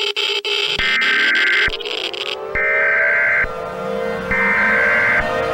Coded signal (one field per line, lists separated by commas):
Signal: Emergency Alert System (SAME) tones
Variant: header bursts